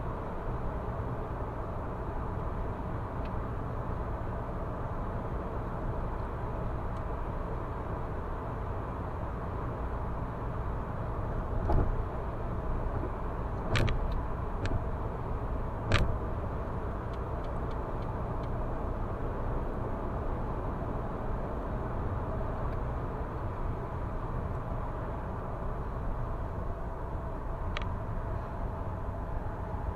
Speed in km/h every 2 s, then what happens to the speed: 106, 106, 106, 105, 105, 105, 105, 105, 105, 105, 108, 109, 107, 103, 97.
0-23 steady at about 105. 23-30 slows to 97.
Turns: none.